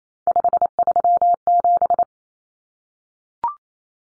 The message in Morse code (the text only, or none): 537